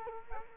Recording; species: mosquito wingbeat signal from an infrared sensor; Culex quinquefasciatus